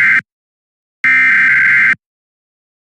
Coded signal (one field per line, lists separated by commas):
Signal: Emergency Alert System (SAME) tones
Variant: header bursts